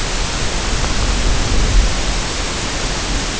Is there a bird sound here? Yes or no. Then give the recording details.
no. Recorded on Arctic tundra, site UTQI-0, on 13 June 2019. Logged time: 00:00